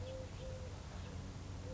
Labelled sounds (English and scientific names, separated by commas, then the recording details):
Eurasian Collared Dove (Streptopelia decaocto)
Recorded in Sonoma County, California